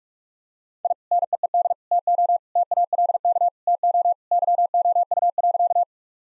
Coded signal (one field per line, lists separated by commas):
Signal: Morse code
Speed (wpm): 46 wpm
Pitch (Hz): 700 Hz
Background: none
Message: I NEED TO TALK TO YOU.